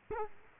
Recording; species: mosquito wingbeat signal from an infrared sensor; Culex quinquefasciatus